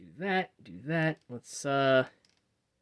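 Someone talks while handling a plastic building piece at a connection point on a brick model, moving it into a new position so the back lies flat rather than having a piece stand upright in the way of an axle. Only speech and a few faint ticks are heard; the piece has not seated or clicked yet.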